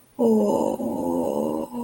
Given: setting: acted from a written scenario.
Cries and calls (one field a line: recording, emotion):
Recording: vocal sound without words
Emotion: shame